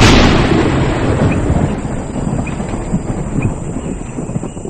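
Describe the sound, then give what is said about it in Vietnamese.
A loud crack of thunder bursts out at the start, then fades into a long, deep rumble that rolls on steadily with no voices. “Một chuỗi những tiếng sấm ầm ầm dồn dập vọng đến, rồi một tiếng nổ ầm vang trời.”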